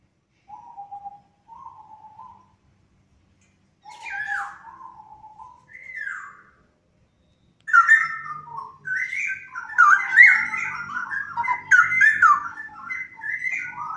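Straw-headed bulbul song: begins with soft, low, separate whistled notes, then builds into a loud, rich, continuous bubbling warble for the last six seconds.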